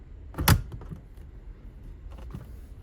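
An SRT driver airbag module is pressed gently into the steering wheel hub of a 5.7 or 6.4 R/T ScatPack until its spring clips lock. A soft lead-in tick gives way to a sharp, loud snap at 0.5 s, followed by a few faint ticks and, near 2.1–2.3 s, quiet handling sounds as the module is pulled to check it. The module is seated and locked in place.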